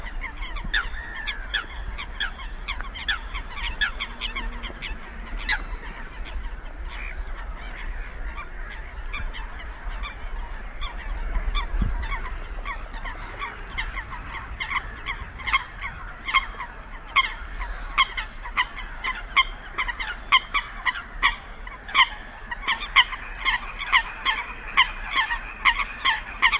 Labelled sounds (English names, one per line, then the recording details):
Eurasian Coot call
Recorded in the wild
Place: Kützerhof, Kummerower See, Mecklenburg-Vorpommern, DE
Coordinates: 53.85, 12.86
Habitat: wetland
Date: 2010-04-29
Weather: 10°C, weak winds
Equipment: Sound Devices 702, Sennheiser MKH 70, Rycote Windschutz
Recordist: Frommolt, Karl-Heinz